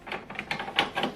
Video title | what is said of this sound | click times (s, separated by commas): HP DESKJET 4220e Unboxing Review- How to Install Ink Cartridges!! | push it upwards and you hear click sound just make sure you check | 0.8 s